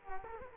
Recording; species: mosquito wingbeat signal from an infrared sensor; Culex quinquefasciatus